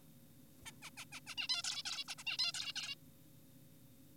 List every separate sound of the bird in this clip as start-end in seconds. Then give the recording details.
0.66-0.71, 0.82-0.90, 0.97-1.05, 1.12-1.20, 1.27-1.35, 1.38-1.48, 1.50-1.62, 1.64-1.83, 1.86-2.04, 2.08-2.15, 2.18-2.24, 2.27-2.38, 2.39-2.52, 2.54-2.73, 2.76-2.95. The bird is an adult. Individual g4p5U